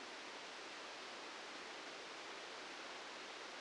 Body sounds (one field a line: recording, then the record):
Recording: brain microelectrode recording played as sound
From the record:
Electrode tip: outside the subthalamic nucleus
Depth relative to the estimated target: -2 mm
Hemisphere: left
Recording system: NeuroSet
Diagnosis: Parkinson's disease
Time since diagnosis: 8 years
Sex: male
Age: 65 years